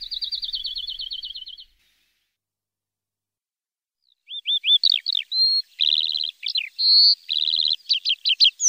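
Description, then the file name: Lark song: a high rattling trill, then over two seconds of silence, then a renewed burst of slurred whistles, buzzy trills and sharp chirps. Master song for training. "masteran untuk lark omkicau"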